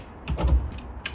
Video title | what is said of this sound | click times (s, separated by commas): 2020 Scout 330 LXF Used Boat For Sale at MarineMax Charleston | locks into place there | 1.1 s